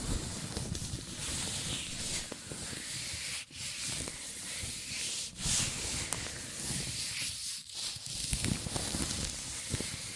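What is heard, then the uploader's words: Hands in latex gloves rub and squeak against each other in a continuous, dense stream of friction sounds. The rubbing is fairly steady, with brief gaps near four, five and a half, and seven and a half seconds, and small bright snaps scattered throughout. ASMR Latex Gloves Hand Sounds (No Talking).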